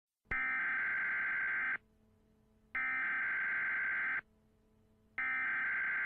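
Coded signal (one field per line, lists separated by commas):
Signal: Emergency Alert System (SAME) tones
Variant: header bursts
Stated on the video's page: Mini EAS scenario, fictional, not a real alert.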